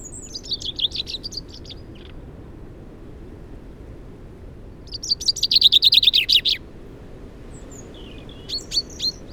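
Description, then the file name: Common chaffinch song: a descending phrase at the start, then a loud trill of falling notes, with a few more notes after. "Fringilla coelebs"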